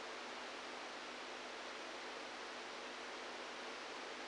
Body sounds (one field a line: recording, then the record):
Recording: brain microelectrode recording played as sound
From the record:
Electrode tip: outside the subthalamic nucleus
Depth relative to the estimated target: 1 mm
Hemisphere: right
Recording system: NeuroSet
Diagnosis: Parkinson's disease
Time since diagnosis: 27 years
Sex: male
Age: 62 years